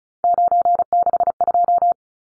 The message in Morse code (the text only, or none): 962